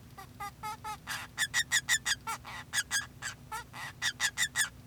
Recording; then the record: song of a male Bengalese finch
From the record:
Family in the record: son of father 2